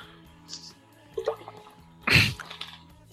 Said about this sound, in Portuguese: Peraí, deixa eu tomar um gole d'água aqui.